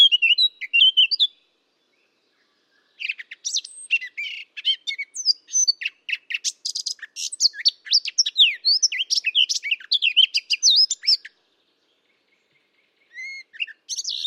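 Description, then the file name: Eurasian blackcap song: a short chattering phrase, a pause, then a long rapid jumble of scratchy and whistled notes, followed by silence and another brief start. "Sylvia atricapilla"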